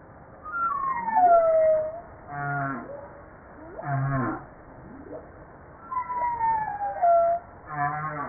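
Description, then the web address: Humpback whale song with high whistled downward sweeps, pulsed harmonic bursts and short low moans, a varied sequence that repeats its whistle near the end. Recorded 5 March 1994. "PMahe Voile'Ocean 940305 HUMPBACK"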